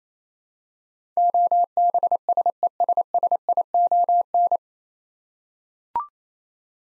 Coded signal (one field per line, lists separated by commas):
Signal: Morse code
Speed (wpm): 27 wpm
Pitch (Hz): 700 Hz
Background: none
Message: OBSESSION